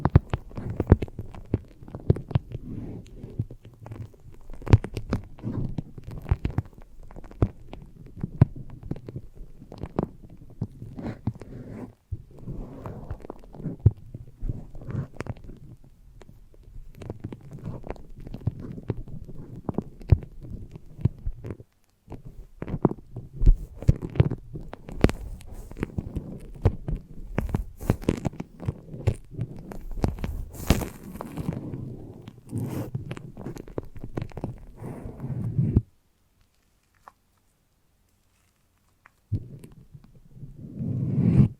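Dense, low squishing and sticky crackling of a foamy brain massage, with bright snapping bursts around the middle, stopping abruptly near 36 seconds.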